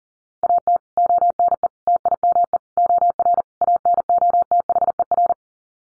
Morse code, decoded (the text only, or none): AT ONE TIME OR ANOTHER